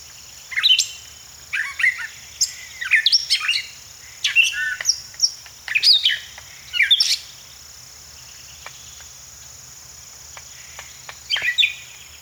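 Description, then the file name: Gray catbird song: a jumble of varied squeaky, mewing and chattering phrases for about seven seconds, a pause, then one brief phrase, over a steady high insect-like whine. "Gray Catbird - Dumetella carolinensis"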